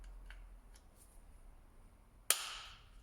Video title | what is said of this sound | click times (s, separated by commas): C1, AYGO & 107 Indicator Stalk Replacement | snaps into place and now we can fit it back to the car using | 2.3 s